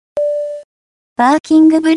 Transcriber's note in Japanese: ポーン